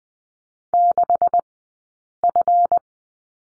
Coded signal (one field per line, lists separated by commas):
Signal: Morse code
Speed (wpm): 20 wpm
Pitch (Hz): 700 Hz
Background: none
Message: 6F